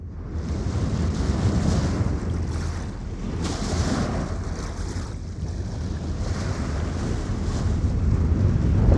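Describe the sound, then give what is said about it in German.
Steady rushing surf with waves breaking over a low, constant roar in cold weather, while gusty wind of an approaching storm buffets the microphone and grows slightly stronger toward the end. “Wir kriegen Sturm.”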